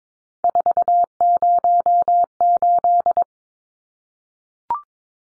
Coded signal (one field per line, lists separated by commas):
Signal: Morse code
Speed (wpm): 22 wpm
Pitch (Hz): 700 Hz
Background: none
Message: 408